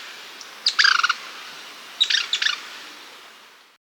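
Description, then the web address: Yellow-bellied chat-tyrant calling: two quick stuttering bursts of harsh, buzzy chattering notes about a second apart, each bunched into a rapid sputtering series. Recorded in Ecuador. "Birds of Ecuador 3. Yellow-Bellied Chat-Tyrant"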